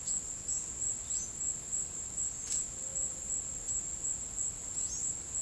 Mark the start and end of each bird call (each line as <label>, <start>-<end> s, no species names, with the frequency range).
bird call (3.1-6.7 kHz), 1.01-1.38 s
bird call (4.7-7.4 kHz), 4.79-5.05 s